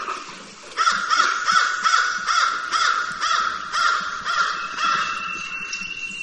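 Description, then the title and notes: Snowy egret calling: grating, nasal croaks in quick succession after a brief quieter start, with a faint steady high tone in the second half. "Llamado de la garcita nívea (Egretta thula). de la Biblioteca Macaulay del Laboratorio de Ornitología de la Universidad de Cornell"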